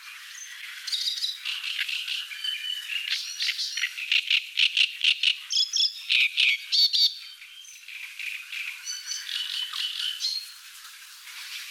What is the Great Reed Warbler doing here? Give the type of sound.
song